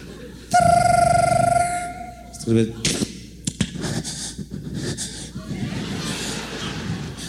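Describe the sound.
A voice mimics a telephone ring with one long, loud, steady high-pitched tone, then a brief vocal burst before murmuring voices and clattering noise fill the rest.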